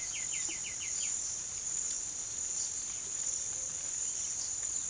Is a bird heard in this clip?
yes